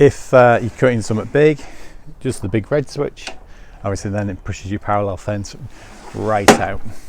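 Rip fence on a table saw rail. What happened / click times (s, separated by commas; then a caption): Handled, not yet home: a saw fence is moved along its rail but not yet locked / none. On a Bosch GTS 18V-216 BITURBO 216mm cordless brushless table saw, the big red switch is used and the parallel (rip) fence is pushed out along its rail while someone talks throughout. Faint handling sounds sit under the speech, with a brief sharp noise near the end. The fence has not locked into place yet; nothing has seated or clicked.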